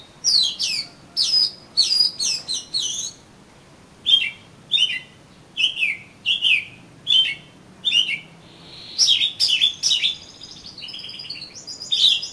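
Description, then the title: Oriental magpie-robin singing a varied series of clear whistles and sharp chips, ending with buzzier notes. "Kacer Kacer"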